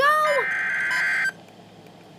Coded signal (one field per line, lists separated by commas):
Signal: Emergency Alert System (SAME) tones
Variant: header bursts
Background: speech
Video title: (EAS 8) Severe T'storm Warning for MY AREA!!!!